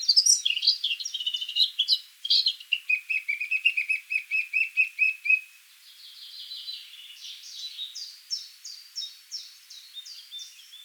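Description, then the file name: Eurasian blackcap song: a fast scratchy warble, then a run of quick repeated notes, a softer pause, and closing high scratchy phrases. "Sylvia atricapilla"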